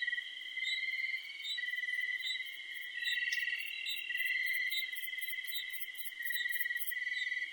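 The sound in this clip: Crickets trilling: steady shrill tones layered at several pitches, rising and falling in loudness, with a very high rapid pulsing joining partway through.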